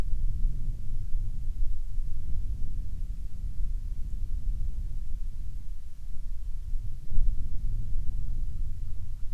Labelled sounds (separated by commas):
wind